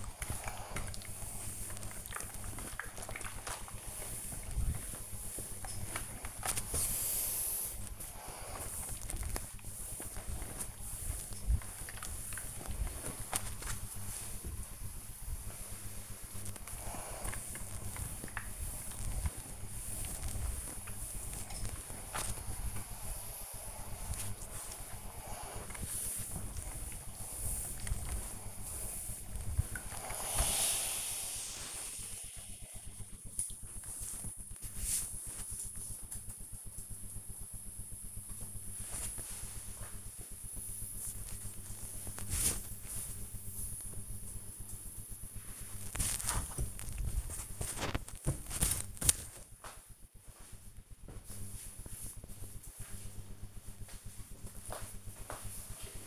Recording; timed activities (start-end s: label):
household activities, microphone on the right wrist
0.00-33.14 s: ironing laundry
38.17-51.22 s: folding laundry
54.23-56.07 s: ironing laundry